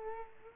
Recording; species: mosquito wingbeat signal from an infrared sensor; Culex quinquefasciatus